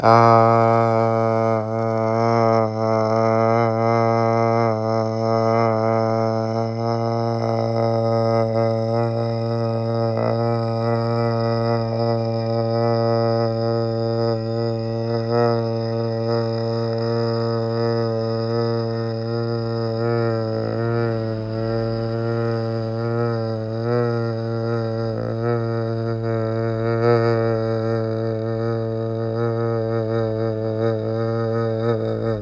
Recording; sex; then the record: sustained vowel /a/; male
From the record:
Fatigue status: no fatigue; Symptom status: asymptomatic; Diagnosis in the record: COVID-19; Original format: m4a